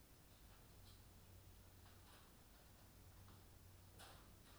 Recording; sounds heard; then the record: poultry house recording; no chicken sound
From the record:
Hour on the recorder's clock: 22